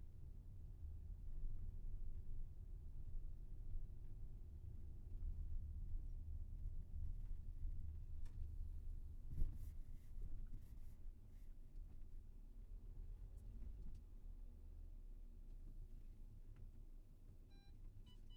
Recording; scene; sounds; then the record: everyday scene through a hearing-aid microphone; in a vehicle; engine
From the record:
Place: VW T5 Caravelle, diesel engine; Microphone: behind the ear, left, front